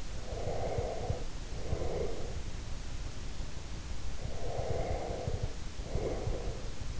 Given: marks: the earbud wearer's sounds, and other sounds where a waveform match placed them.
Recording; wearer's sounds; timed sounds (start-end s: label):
sounds in sleep by an in-ear microphone; breath
0.28-2.33 s: breath
4.18-6.77 s: breath